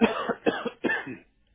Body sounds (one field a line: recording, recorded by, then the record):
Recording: voluntary cough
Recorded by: telephone call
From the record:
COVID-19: positive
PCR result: checked with the laboratory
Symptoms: yes